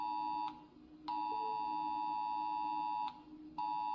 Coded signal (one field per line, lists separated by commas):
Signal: Emergency Alert System (SAME) tones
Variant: 853 and 960 Hz attention tone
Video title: RATING EAS Alarms AGAIN Because Yes